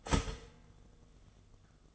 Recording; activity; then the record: daily activity, microphone in the room; start toaster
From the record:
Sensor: 4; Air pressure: 1015.5 hPa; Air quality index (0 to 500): 200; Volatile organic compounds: 10 ppm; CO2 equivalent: 2235 ppm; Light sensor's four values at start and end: 4/9/3/3 and 4/8/3/3